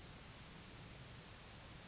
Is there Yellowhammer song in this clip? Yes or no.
no